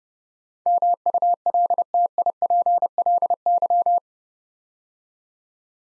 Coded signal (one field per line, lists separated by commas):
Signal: Morse code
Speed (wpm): 28 wpm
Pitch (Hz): 700 Hz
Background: none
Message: MULTIPLY